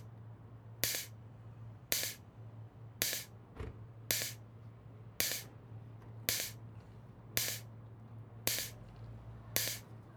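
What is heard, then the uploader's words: A pump hums steadily at a low pitch while a sharp, hissing burst from the loosening connection repeats about once a second, each a brief spray-like spurt with a quick fade. The bursts are regular, with a faint click between two of them. Free Trade cellar. Boozing on a Summer afternoon with Mike, hear this pulse from over the way. Guess it's a pump connection coming loose or something? Gas leaking out?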